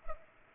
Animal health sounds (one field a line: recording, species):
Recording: mosquito wingbeat signal from an infrared sensor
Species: Culex pipiens